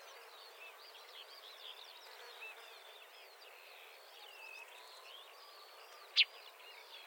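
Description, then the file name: Marsh warbler song, quiet, varied warbling and chattering flowing without pause, with a single sharp click near the end. "suara kicauan burung marsh warbler. omkicau"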